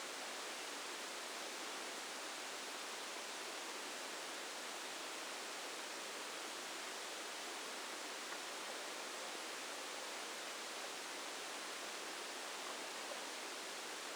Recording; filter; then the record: brain microelectrode recording played as sound; spike band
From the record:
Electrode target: subthalamic nucleus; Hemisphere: left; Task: reaching with the right hand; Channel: 2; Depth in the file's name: 2.977 mm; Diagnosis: Parkinson's disease